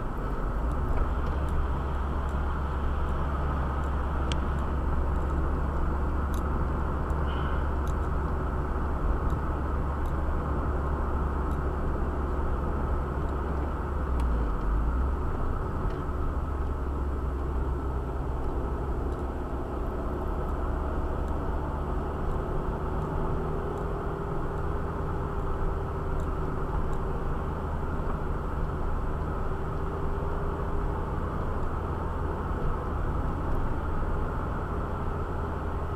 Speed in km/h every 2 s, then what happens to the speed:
47, 50, 55, 54, 56, 56, 54, 49, 40, 38, 44, 47, 46, 45, 44, 48, 49, 46.
0-3 speeds up to 55. 3-10 steady at about 55. 10-17 slows to 38. 17-21 speeds up to 47. 21-36 steady at about 46.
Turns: none.